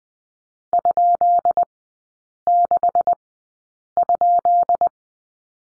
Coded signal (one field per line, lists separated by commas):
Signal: Morse code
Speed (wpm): 20 wpm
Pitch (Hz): 700 Hz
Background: none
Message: ?6?